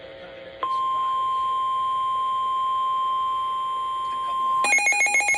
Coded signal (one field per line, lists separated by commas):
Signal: Emergency Alert System (SAME) tones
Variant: 1050 Hz attention tone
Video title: Severe Thunderstorm Warning (EAS #768) 4/5/25